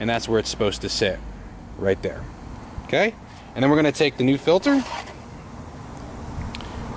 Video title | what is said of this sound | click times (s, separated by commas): Chevy Cruze Oil & Filter Change 2011-2015 - Engine Performance Restoration + Oil Treatment + BG MOA | just going to stick that right in there the center this side okay gets just poked right in there till it clicks | 6.5 s, 6.6 s